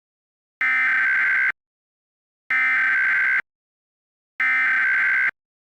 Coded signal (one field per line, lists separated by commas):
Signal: Emergency Alert System (SAME) tones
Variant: header bursts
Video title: EAS Scenario - Clifford the Big Red Dog